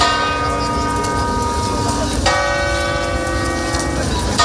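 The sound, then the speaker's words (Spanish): Church bells of cathedrals, parishes and churches toll loudly in mourning for the death of the Pope, in a dense, sustained wash of overlapping metallic tones, with a fresh heavy strike about halfway through that sets the ringing humming on again. “Las campanas de catedrales, parroquias e iglesias se han tocado en señal de luto”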